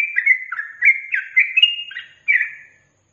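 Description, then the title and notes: Yellow-vented bulbul, a short rolling phrase of slurred warbled whistles running together, then one last note trailing off. Trucukan song with 'tembakan' and 'ropel' styles; used as a master for training captive birds. "MASTERAN Trucukan Tembakan Dan Ropel. BURUNG TRUCUKAN"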